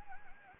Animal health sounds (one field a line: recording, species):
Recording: mosquito wingbeat signal from an infrared sensor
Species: Anopheles gambiae